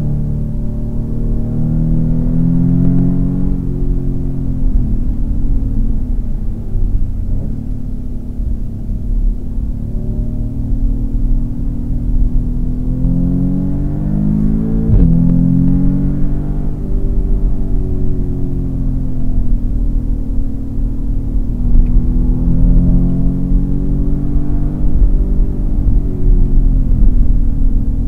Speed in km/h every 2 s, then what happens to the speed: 94, 104, 86, 60, 60, 66, 82, 105, 108, 93, 92, 106, 110, 92.
2-8 brakes to 60. 8-15 speeds up to 108. 16-18 brakes to 93. 20-24 speeds up to 110. 24-28 brakes to 92.